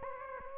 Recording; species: mosquito wingbeat signal from an infrared sensor; Aedes aegypti